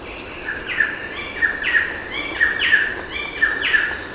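Kagu calls: short paired notes repeated about once a second, over a steady high hiss.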